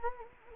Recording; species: mosquito wingbeat signal from an infrared sensor; Anopheles gambiae